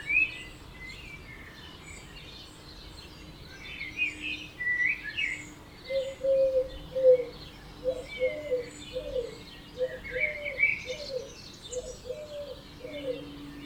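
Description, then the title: Birds at dawn: high chirps and warbles throughout, joined after about six seconds by a steady series of short low hooting notes. Dawn chorus at 4am in Oberhofen, Inntal, Austria; binaural recording. "Birds Oberhofen Inntal Austria - 4am - binaural version"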